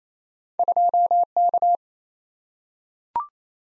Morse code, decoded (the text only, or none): 2K